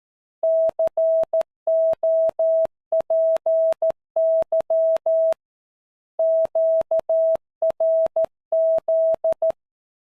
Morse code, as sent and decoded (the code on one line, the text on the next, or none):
-.-. --- .--. -.-- / --.- .-. --..
COPY QRZ